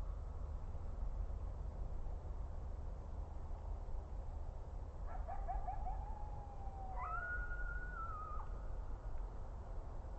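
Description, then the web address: Coyote calls: a quick burst of short yips sliding into a long falling howl, then a higher flat howl ending abruptly, over low background rumble. Coyotes recorded on an audio monitor at GRKO, 30 December 2009, 21:35. "rmaher audio monitor GRKO 20091230 2135 coyotes"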